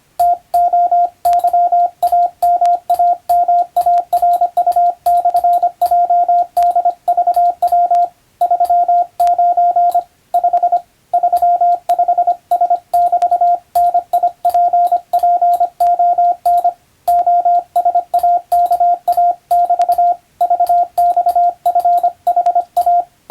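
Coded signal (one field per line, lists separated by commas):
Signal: Morse code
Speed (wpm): 25 wpm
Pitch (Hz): 700 Hz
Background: radio noise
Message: TOYAMAMARU/JDVW 39 5 35S<BT>NIPPON OSAKA<BT> VXFHA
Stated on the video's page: Morse code practice from the radiotelegraph operator exam telegram practice book, in international (English) text, meant for playback at adjustable speed.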